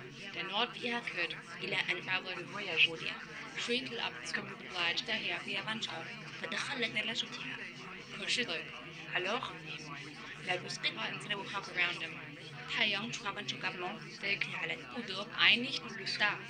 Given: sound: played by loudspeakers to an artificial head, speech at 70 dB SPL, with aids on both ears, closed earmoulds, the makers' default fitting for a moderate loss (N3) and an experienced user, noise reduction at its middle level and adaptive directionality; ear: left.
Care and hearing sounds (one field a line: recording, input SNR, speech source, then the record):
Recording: speech test signal (ISTS) in cocktail-party noise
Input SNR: 0 dB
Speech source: in front (0 degrees)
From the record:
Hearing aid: class 2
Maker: F